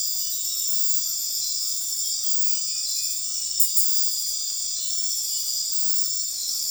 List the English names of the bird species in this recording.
none